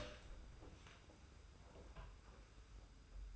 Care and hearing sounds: daily activity, microphone in the room; open door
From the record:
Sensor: 2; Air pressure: 991.4 hPa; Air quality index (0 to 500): 144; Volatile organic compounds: 309 ppm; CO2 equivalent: 4501 ppm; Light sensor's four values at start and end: 32/95/37/35 and 32/95/37/35

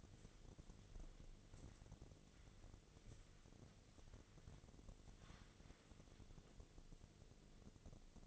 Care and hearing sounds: daily activity, microphone in the room; wipe stove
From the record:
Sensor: 4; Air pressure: 1001.3 hPa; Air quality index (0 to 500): 185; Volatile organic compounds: 3 ppm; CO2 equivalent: 1322 ppm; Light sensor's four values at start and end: 13/30/12/13 and 13/30/12/13

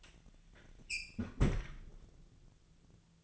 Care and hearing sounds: daily activity, microphone in the room; close fridge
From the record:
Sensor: 4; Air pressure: 1000.9 hPa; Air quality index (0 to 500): 126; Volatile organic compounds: 1 ppm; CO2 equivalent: 943 ppm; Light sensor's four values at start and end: 27/64/27/29 and 30/71/30/33

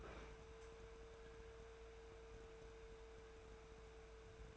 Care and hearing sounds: daily activity, microphone in the room; open fridge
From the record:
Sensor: 2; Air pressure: 1014.8 hPa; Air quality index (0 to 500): 195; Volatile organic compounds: 17 ppm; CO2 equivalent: 2582 ppm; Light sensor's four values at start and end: 26/65/28/31 and 26/64/28/31

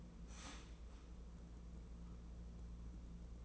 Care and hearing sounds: daily activity, microphone in the room; start toaster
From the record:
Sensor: 1

